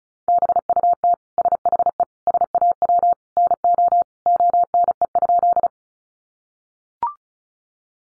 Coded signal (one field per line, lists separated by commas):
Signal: Morse code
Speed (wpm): 34 wpm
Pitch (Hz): 700 Hz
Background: none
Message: BUT SHE SAW NO ONE?